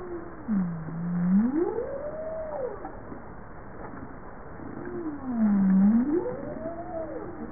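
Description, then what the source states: Bowhead whale moans: two low calls, each falling into a deep dip and then sweeping up into an arc, against constant background rumble. Recorded 21 April 1988.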